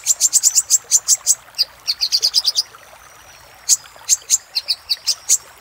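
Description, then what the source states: Little spiderhunter song: quick high chips in short bursts, a faint thin whistle drawn out in the middle, then scattered single notes. Master recording for training cage birds; local name sogok ontong, labaik type.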